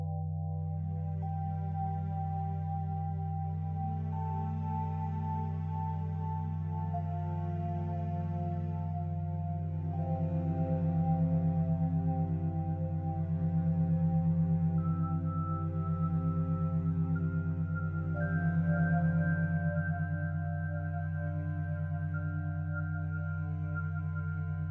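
Healing sound bowls ring in a dense, sustained drone with a deep, steady low hum beneath many layered ringing tones. From about ten seconds the sound swells in slow waves, with new higher tones entering near thirteen and eighteen seconds, while the reverberating wash never fully fades.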